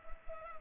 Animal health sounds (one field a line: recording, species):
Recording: mosquito wingbeat signal from an infrared sensor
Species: Culex pipiens